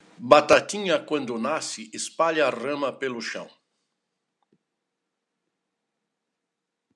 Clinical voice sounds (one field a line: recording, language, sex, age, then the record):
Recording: short text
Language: Brazilian Portuguese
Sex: male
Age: 70 to 79 years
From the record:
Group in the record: control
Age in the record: 71 years